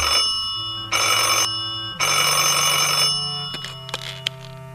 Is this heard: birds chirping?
no